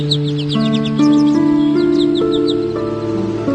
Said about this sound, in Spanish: A lo lejos cantó un jilguero.